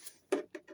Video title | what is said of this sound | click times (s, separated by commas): UNBOXING STIHL SH86 LEAF BLOWER SHREDDER #stihl #gardener #allotment #gardenmaintenance | that's clicked down now. | 0.3 s